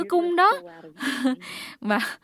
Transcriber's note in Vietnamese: Cười